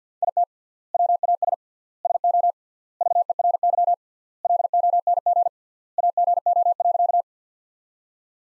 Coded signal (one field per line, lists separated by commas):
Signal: Morse code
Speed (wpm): 50 wpm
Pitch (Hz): 700 Hz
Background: none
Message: IT WAS SO VERY LONG AGO.